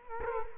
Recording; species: mosquito wingbeat signal from an infrared sensor; Culex quinquefasciatus